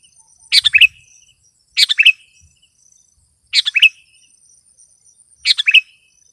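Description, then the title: Sooty-headed bulbul uttering four quick chattering phrases, each a tight run of notes, spaced one to two seconds apart over faint high tones. "kutilang"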